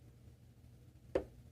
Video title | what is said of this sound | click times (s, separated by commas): Lefty Squier Strat Conversion - nut, fret dress & setup - part 2 | the way this is done is we back it up first a bit until it clicks | 1.2 s